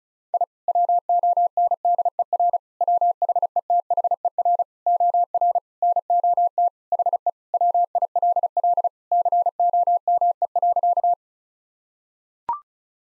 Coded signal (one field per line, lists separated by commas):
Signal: Morse code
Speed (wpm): 36 wpm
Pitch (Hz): 700 Hz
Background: none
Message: I WONDER WHETHER OR NOT HE WILL COME.